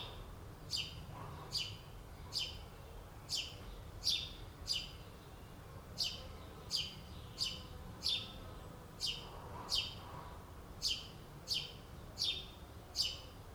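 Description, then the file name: House sparrow calls, a run of repeated short harsh chirps over more than ten seconds, with a low rumble beneath. "Passer domesticus"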